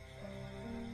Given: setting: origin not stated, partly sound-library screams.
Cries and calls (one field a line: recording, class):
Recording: one-second piece from a danger detection set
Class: normal situation